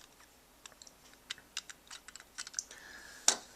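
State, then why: Released. A plastic spiked-ball roller on a toy switch is handled with a run of light, scattered plastic clicks and taps from about 0.6 s. It is then unclicked back with one sharp, loud click at 3.3 s, turning the toy switch off.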